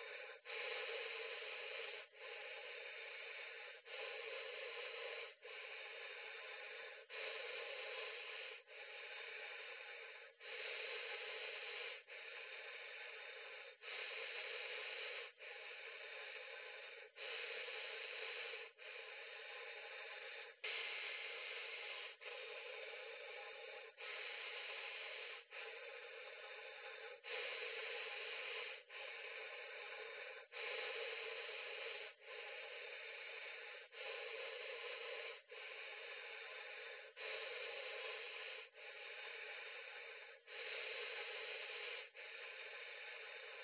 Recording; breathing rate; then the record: paced breathing near a phone; 18 breaths a minute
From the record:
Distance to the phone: 40 cm